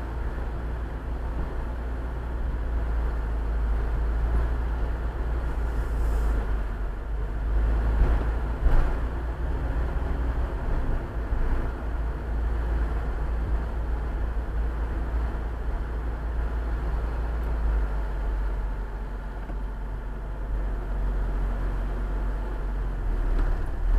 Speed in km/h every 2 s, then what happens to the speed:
6, 6, 7, 7, 9, 9, 7, 7, 6, 5, 4, 2.
0-24 steady at about 6.